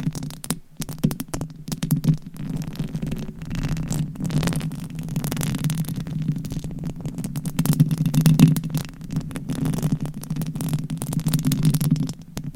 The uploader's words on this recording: ASMR Mic Scratching - Brain Scratching Hypnotic Asmr No Talking for Sleep with Long Nails.